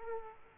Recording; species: mosquito wingbeat signal from an infrared sensor; Aedes aegypti